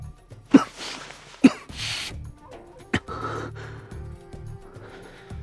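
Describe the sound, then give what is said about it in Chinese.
A man gives two short, soft, low coughs a moment apart, then leans back against a soft cushion and lets out a long, breathy sigh, with faint rustling and a low hum underneath. “半晌，他低低咳嗽一声，朝后靠在软垫上，长长叹了口气。”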